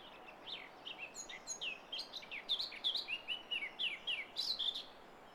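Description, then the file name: Eurasian blackcap singing a lively, unbroken warble of bright downslurred and rising whistles, many notes in quick succession over a soft background hiss. "Sylvia atricapilla"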